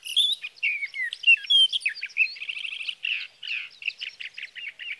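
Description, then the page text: Sage thrasher pouring out a varied warble of slurred whistles, buzzy trills and quick repeated chips in a continuous, rambling stream. Male singing through the night near his night roost, evening June 12 to morning June 15, 2018, Sierra Valley, California; Swift recorder; night songs. "Birdsong for the Curious Naturalist: Explore #7. 61. Sage thrasher songs, through the night"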